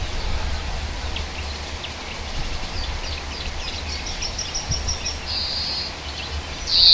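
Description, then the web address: European greenfinch calls: a run of quick high twittering notes followed by a drawn-out buzzy wheeze, over constant hiss and low rumbling background noise. Hedge bird. "oeko hecke vogel sounds chloris chloris"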